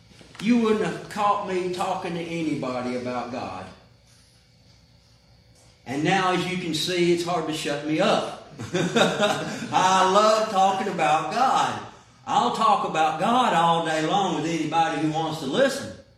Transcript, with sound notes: you wouldn't have caught me talking to anybody about God. And now, as you can see, it's hard to shut me up. (laughs) I love talking about God. I'll talk about God all day long with anybody who wants to listen.